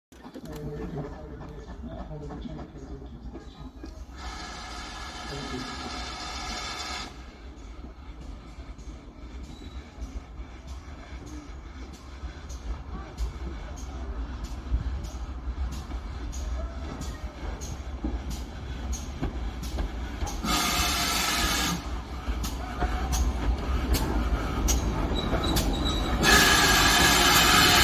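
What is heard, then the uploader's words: Steam locomotive 7820 Dinmore Manor arrives with a steady low rumble and rhythmic chuffing that grows louder, hissing steam bursting out several times. 7820 Dinmore Manor arriving at Toddington Station #gwsr #manorclass #steam.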